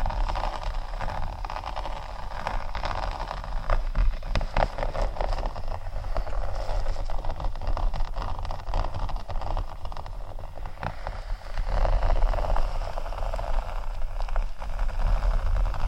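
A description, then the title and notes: Faux leather being scratched in a continuous, dense scraping texture, with a steady low rumble underneath. Short, sharp scratches land in quick irregular bursts throughout. There is a brief dip near eleven seconds before the scraping picks up slightly louder again. ASMR Faux Leather Scratching（No Talking）.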